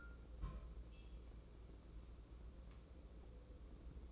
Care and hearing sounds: daily activity, microphone in the room; place on stove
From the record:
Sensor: 1

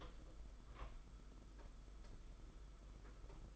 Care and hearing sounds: daily activity, microphone in the room; open door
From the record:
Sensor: 5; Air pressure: 991.7 hPa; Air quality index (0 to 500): 134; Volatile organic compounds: 85 ppm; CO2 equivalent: 3648 ppm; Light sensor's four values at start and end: 34/113/42/45 and 34/113/42/45

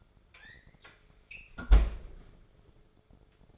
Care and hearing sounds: daily activity, microphone in the room; close fridge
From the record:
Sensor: 5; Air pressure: 1004.6 hPa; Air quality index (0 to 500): 158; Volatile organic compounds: 3 ppm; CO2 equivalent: 1488 ppm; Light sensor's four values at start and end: 21/48/19/18 and 19/44/17/16

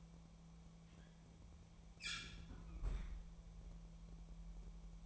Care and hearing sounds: daily activity, microphone in the room; close fridge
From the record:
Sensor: 1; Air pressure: 1000.1 hPa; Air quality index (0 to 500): 134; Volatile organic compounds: 2 ppm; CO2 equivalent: 1270 ppm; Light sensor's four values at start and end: 33/85/35/43 and 34/85/36/44

